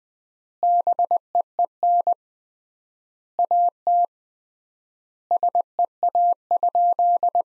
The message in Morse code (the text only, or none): BEEN AT SEA?